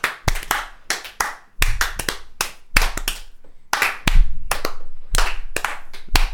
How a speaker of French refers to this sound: Moi, je pense qu'on devrait commencer par s'applaudir avec un slow clap. Ouais.